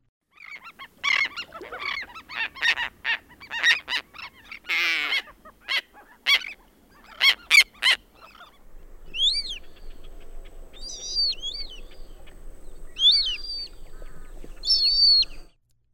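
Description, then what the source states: Royal tern: harsh squawking calls in the first half, followed by several thin, arched whistled notes. Summer visitor to Virginia beaches; common shorebird in summer along the Chesapeake Bay and other mid-Atlantic and Gulf of Mexico coastlines; squawking and whistling sounds.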